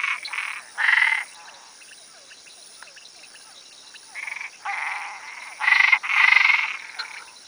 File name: Boana albopunctata